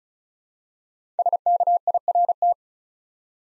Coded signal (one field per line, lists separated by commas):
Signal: Morse code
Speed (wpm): 36 wpm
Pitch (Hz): 700 Hz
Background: none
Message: SKIRT